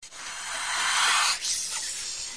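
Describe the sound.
Snake hissing in a steady, airy rush of sound lasting over two seconds, with a brief dip in the middle before the hiss resumes and fades.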